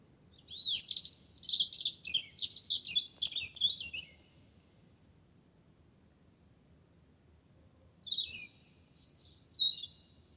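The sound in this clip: Wren song: a rapid, tumbling run of high warbled notes and trills lasting a few seconds, then a pause and a second burst near the end.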